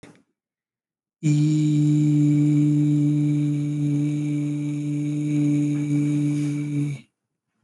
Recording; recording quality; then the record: sustained vowel as in beet; moderate, slight background noise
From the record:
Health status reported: healthy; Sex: male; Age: 25 years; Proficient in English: yes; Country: India